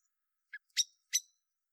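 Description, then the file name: Common blackbird call, a soft low note followed by two sharp high clicks in quick succession. "Turdus merula"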